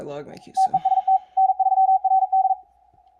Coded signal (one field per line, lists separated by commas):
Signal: Morse code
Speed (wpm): 42 wpm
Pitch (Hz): 760 Hz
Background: speech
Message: TEST N3RD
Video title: Guided CWT VIDEO